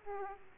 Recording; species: mosquito wingbeat signal from an infrared sensor; Aedes aegypti